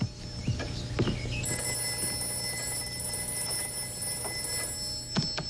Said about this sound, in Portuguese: Ah, o telefone.